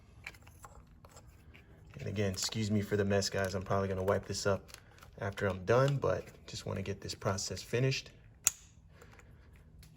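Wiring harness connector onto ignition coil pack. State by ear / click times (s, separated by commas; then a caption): seated / 8.5 s. Someone talks while pushing the next plastic wiring harness connector onto an ignition coil pack during a spark plug change on an 8th-gen Civic Si. A single sharp click at 8.5 s marks the connector seating fully, followed by a few faint ticks and handling sounds.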